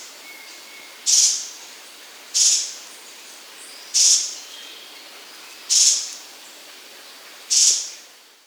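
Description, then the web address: Sharp-tailed streamcreeper giving five loud, sharp, high-pitched notes, spaced well apart, with a soft background hiss. Recorded in the Andes of South America. "Natures Songs S America Andean Birds. Sharp-Tailed Streamcreeper (Lochmias Nematura)"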